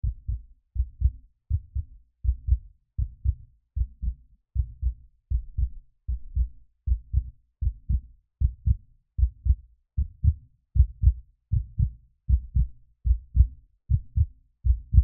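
Steady paired low thumps of a beating heart at about 78 beats a minute, a stock heartbeat sound effect.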